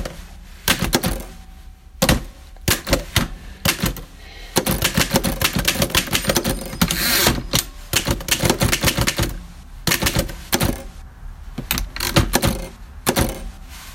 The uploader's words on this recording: The Soothing Sound of Typing a Letter. Just the soothing sound of my 1907 Underwood No.